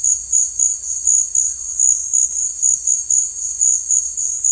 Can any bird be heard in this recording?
no